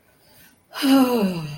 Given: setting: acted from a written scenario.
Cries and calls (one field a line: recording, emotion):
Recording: vocal sound without words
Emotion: sadness